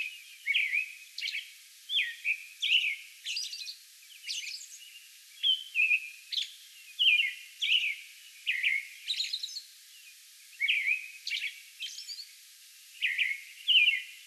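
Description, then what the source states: American robin giving frequent caroling whistled phrases and high thin squeaks, with only short pauses throughout. Song bout recorded May 11.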